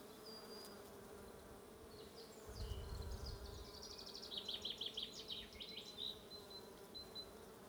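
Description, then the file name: Bees giving a continuous droning hum, while a bird sings a quick run of repeated high notes midway and a low thump sounds briefly. "buzzing bees"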